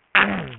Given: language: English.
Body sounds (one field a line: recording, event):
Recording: throat vibration sensor signal played as sound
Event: throat clearing